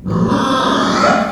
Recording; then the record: squeal of a Yucatan mini pig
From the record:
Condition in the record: after surgery on the right vocal fold (resection and tissue-engineered implant); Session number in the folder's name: 16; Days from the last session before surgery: 183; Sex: female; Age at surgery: 19 weeks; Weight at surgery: 25 kg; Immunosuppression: prednisolone